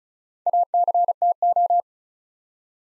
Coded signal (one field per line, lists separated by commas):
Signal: Morse code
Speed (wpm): 36 wpm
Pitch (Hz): 700 Hz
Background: none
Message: ACTO